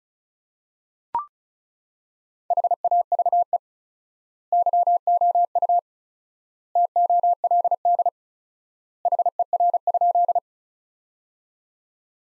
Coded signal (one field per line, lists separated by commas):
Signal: Morse code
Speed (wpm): 36 wpm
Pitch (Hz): 700 Hz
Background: none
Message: HAVE YOU TOLD HER?